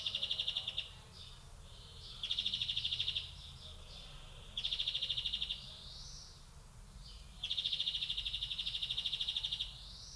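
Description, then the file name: European greenfinch song of rattling buzzy trills, separated by soft rising wheezy notes. "Chloris chloris"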